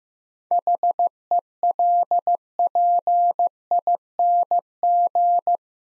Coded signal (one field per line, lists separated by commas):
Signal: Morse code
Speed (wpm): 15 wpm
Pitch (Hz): 700 Hz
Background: none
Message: HELPING